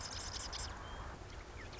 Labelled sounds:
Marsh Wren

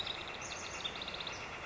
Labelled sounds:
House Wren

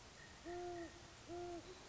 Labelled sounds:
Great Horned Owl

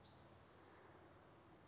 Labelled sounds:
Spotted Towhee

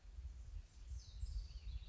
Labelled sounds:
House Wren

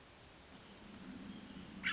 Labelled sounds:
Hermit Thrush

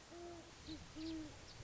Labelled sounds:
Great Horned Owl

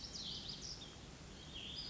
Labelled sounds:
Cassin's Vireo

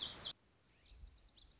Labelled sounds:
Lazuli Bunting

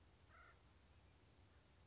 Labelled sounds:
Acorn Woodpecker

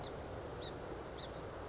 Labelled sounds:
Song Sparrow

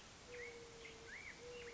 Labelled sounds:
Mourning Dove

